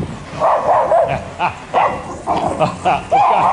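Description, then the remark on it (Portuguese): A dog barks repeatedly in short, loud bursts as a dog-catcher wagon comes to take it, about seven yaps in uneven rhythm, with whiny, mid-pitched tones and a bit of background murmur between them. “Olha a carrocinha. Olha o dono do cachorro. Eles vão pegar o cachorro do dono.”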